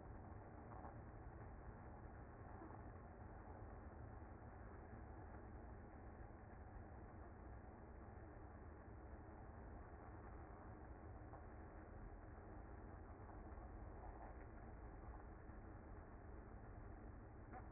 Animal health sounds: honeybee colony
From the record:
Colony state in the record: active

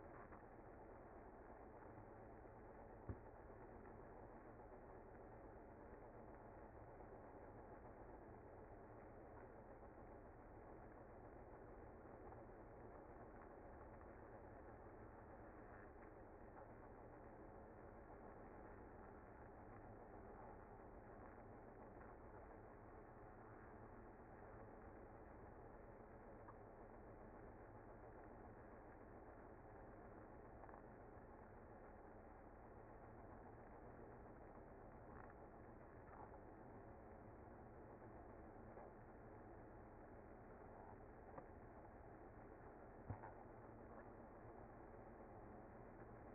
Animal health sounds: honeybee colony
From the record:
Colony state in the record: active

